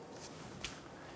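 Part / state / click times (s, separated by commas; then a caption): rubber bellows boot onto inner tie rod/steering rack / seated / 0.6 s. The front of a rubber bellows boot is pushed over the front inner tie rod on the steering rack of a 2012-2020 Chevrolet Sonic. Against a low steady background there is a faint soft hiss near 0.2 s, then one short, bright click at 0.6 s. The boot clicks into place and is seated.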